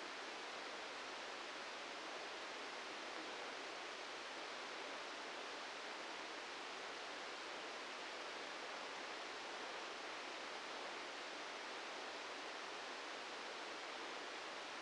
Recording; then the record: brain microelectrode recording played as sound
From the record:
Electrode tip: outside the subthalamic nucleus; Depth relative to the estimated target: 2 mm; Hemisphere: right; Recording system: NeuroSet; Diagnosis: Parkinson's disease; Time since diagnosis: 13 years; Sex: male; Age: 65 years